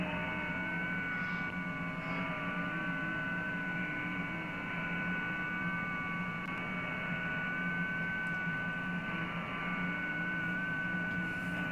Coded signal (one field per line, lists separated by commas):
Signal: FT8